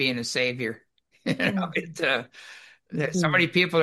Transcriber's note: laughs